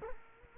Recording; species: mosquito wingbeat signal from an infrared sensor; Culex quinquefasciatus